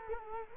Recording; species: mosquito wingbeat signal from an infrared sensor; Culex quinquefasciatus